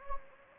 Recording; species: mosquito wingbeat signal from an infrared sensor; Anopheles gambiae